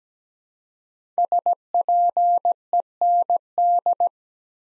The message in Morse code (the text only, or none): SPEND